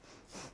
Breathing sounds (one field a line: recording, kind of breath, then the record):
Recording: one breath in and out by a microphone near the nose and mouth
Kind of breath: strong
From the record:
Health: marked as sick, illness not named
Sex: female